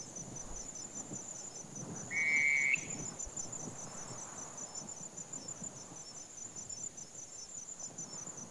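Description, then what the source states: Night Parrot single short whistled note, slightly wavering, heard once against steady wind noise and a thin high background tone. Picked up on a windy night by scientific sound recorders on Birriliburu; Indigenous rangers almost certain it is this species, though confirmation still needs more evidence.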